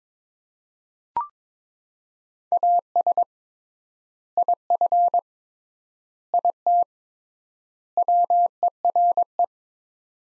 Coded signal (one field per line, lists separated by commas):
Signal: Morse code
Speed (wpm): 22 wpm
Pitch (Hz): 700 Hz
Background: none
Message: AS IF IT WERE